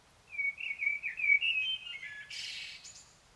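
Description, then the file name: Common blackbird song phrase: rich, wandering flute-like notes followed by a high, hissy squeaking flourish. "Turdus merula"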